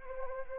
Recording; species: mosquito wingbeat signal from an infrared sensor; Anopheles gambiae